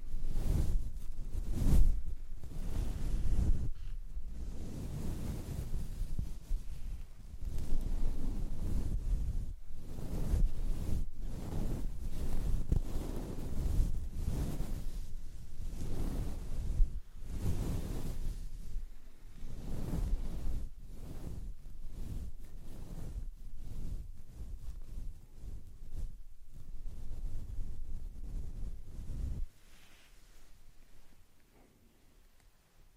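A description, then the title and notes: A powder brush sweeps over a fuzzy wind muff in quick repeated strokes, giving a soft, dense rumbling swish heavy in the low end. The strokes come in uneven bursts about every second, steady for nearly thirty seconds before stopping abruptly into near silence. ASMR Brushing. Powder brush on wind muff.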